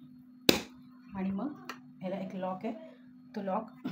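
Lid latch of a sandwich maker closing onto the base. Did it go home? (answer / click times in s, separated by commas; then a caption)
yes / 0.5 s. The lid of a 3-in-1 sandwich/waffle maker is closed gently onto its base, without pressing hard, and latches with a single sharp, loud hit at 0.5 s. Someone talks afterward over a steady low hum. The lid is closed and locked.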